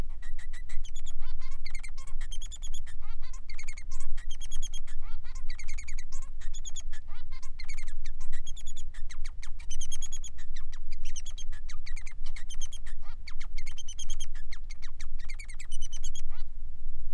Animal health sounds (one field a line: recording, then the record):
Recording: song of a male Bengalese finch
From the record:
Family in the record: son of father 3